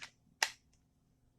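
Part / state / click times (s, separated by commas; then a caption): fixed-blade knife into Kydex sheath / seated / 0.4 s. An Oerla TAC OLX-004 Tanto fixed-blade knife is pushed blade-first into its Kydex sheath, with a short scraping rustle at the start. A sharp, solid click at 0.4 s follows as the sheath's retention snaps the knife home, then a faint tick. The knife is seated and held firmly in the sheath.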